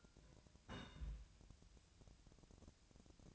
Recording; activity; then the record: daily activity, microphone in the room; place on stove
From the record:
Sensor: 2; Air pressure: 1009.7 hPa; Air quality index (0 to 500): 181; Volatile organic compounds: 10 ppm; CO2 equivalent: 2262 ppm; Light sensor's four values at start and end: 30/73/32/35 and 30/73/32/35